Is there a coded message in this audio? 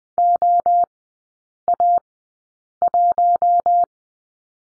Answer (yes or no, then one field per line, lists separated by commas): yes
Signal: Morse code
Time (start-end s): 0.2-3.8 s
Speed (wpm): 20 wpm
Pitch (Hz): 700 Hz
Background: none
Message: OA1